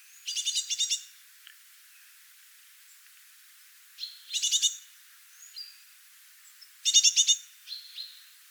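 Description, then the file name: Eurasian blue tit calls: three bursts of fast, high, buzzy chattering notes, with brief thin whistled notes in between and long quiet gaps. "Cyanistes caeruleus"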